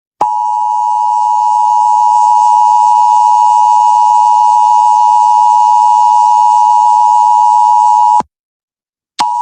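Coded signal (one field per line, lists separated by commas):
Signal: Emergency Alert System (SAME) tones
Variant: 853 and 960 Hz attention tone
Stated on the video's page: Nonspecific alert used as a required monthly test, generated by a website.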